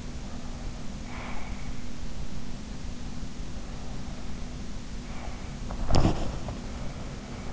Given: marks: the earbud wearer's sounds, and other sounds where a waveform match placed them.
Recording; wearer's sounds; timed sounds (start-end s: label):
sounds in sleep by an in-ear microphone; breath, body movement
0.61-2.07 s: breath
5.19-6.67 s: body movement